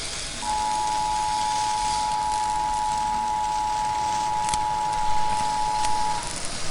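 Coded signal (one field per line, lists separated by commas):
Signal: Emergency Alert System (SAME) tones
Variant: 853 and 960 Hz attention tone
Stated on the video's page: Fictional mock EAS alert, voiced, with Creative Commons sound effects.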